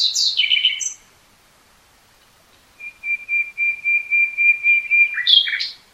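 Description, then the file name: Common nightingale song: a brief chirpy opening, a pause, then a series of many identical whistled notes swelling in loudness, ending in a sharp flourish. "Luscinia megarhynchos"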